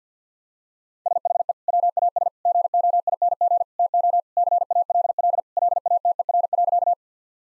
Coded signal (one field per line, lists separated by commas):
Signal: Morse code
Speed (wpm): 50 wpm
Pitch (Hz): 700 Hz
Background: none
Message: SHE WAS GOING TO CALL LATER.